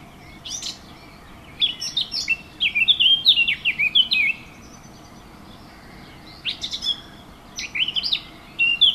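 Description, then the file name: Warbler song: a brief opening burst, a long rich warbling phrase of quick varied notes, a pause of about two seconds, then a shorter scratchy warbled phrase. Recorded 15 June 2014 with an MZ-N710 recorder. "MZ-N 710 Fauvette 15 06 14"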